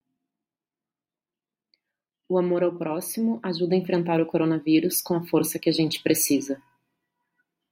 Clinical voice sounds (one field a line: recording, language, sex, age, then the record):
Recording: spoken sentence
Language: Brazilian Portuguese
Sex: female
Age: 30 to 39 years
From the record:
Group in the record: control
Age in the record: 33 years